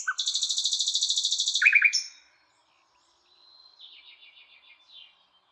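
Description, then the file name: Common nightingale song: a long fast buzzy trill of repeated notes ending in chirps, followed by quieter rattled phrases. "Luscinia megarhynchos"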